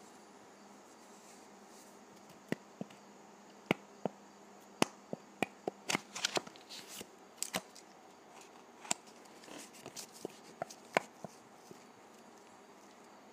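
Dry putty gives sharp clicks and crackles, sparse at first, then clustering into denser squishy bursts around six to eleven seconds over quiet hiss.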